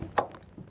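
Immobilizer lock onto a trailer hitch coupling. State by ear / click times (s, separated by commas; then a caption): seated / 0.2 s. A coupling immobilizer, fitted to keep the trailer secure so nobody pulls away with it, is slipped over a trailer hitch coupling, its bottom piece is pushed up into the gap, and the locking part is pushed in line with the holes. It locks into place with a sharp click at 0.2 s, followed by a few fainter ticks. The immobilizer is seated and locked on the coupling.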